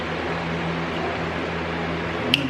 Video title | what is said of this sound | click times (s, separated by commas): Meso Customs Door Handle Covers to Eliminate the Chrome In the Toyota Tacoma | pull forward i did hear a little click again now this one fits all the way | 2.3 s